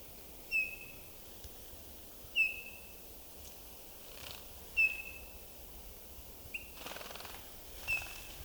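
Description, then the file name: Eurasian bullfinch calls: soft, short piped whistles that fall slightly, several notes spaced irregularly, with brief rustling bursts. "Pyrrhula pyrrhula"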